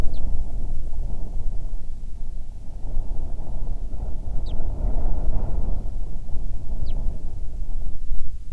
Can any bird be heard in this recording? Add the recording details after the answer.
yes. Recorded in the Prudhoe Bay oil fields, Alaska, on 7 August 2019 at 14:07. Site 17